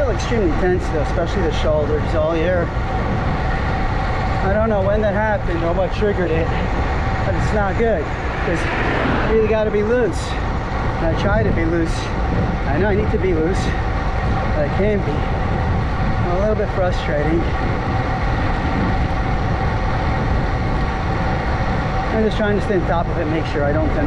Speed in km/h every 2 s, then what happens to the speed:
29, 29, 29, 29, 29, 29, 29, 29, 27, 27, 29, 27.
0-24 steady at about 29.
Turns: none.